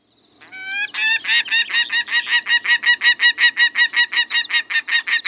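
Prairie falcon calling: a harsh, grating series of rapid repeated notes, starting softly and quickly growing louder, then holding steady.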